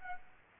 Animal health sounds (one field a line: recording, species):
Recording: mosquito wingbeat signal from an infrared sensor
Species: Aedes aegypti